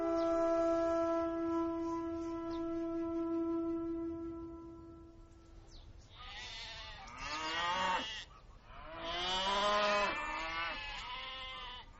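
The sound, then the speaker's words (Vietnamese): A long, steady low horn-like tone drones for several seconds, then livestock being herded to another tribe break into a loud chorus of overlapping, wavering bleats, with no voices. “Con sẽ đem toàn bộ gia súc đến bộ lạc khác để đổi lấy một ít lương thực về.”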